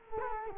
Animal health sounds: mosquito wingbeat signal from an infrared sensor; Culex quinquefasciatus

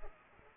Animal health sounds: mosquito wingbeat signal from an infrared sensor; Culex pipiens

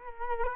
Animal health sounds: mosquito wingbeat signal from an infrared sensor; Culex quinquefasciatus

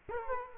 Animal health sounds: mosquito wingbeat signal from an infrared sensor; Culex quinquefasciatus

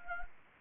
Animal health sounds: mosquito wingbeat signal from an infrared sensor; Anopheles gambiae

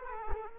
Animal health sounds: mosquito wingbeat signal from an infrared sensor; Culex quinquefasciatus

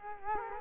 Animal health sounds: mosquito wingbeat signal from an infrared sensor; Culex quinquefasciatus

